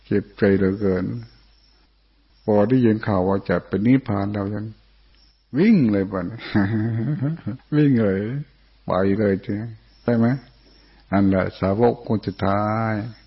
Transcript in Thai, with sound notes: บใจเหลือเกินพอได้ยินข่าวว่าจะปรินิพพานวิ่งเลยบ๊าดเนี่ย (หัวเราะ) วิ่งเลไปเลยนั่นแหละสาวกองค์สุดท้าย